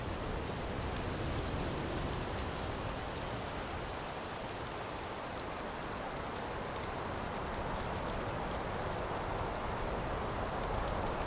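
Steady rain falls without a break, a dense, even hiss spread from low rumble up to bright crackle. Fine drips and taps scatter across the top throughout, slightly more frequent near the start and end, while the overall loudness stays constant.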